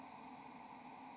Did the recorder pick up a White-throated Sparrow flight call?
no